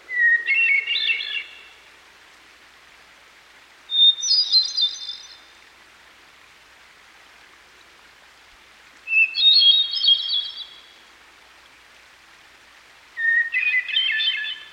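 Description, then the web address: Hermit Thrush singing four ethereal fluty phrases a few seconds apart, each starting with a pure sustained note, the opening pitch varying between phrases. Recorded by a stream. "Dan Gibson Songbirds By The Stream. Hermit Thrush"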